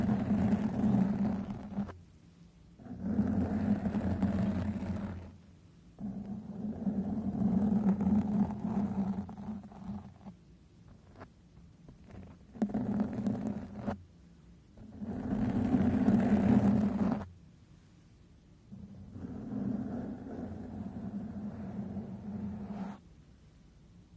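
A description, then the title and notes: A microphone is brushed, scratched and stroked in a series of bursts, each lasting a second to a few seconds with short silent gaps between. The rubbing is rough and full, thick with low rumble, and some strokes are louder and brighter than others. MICROPHONE BRUSHING, SCRATHCHING & STROKING.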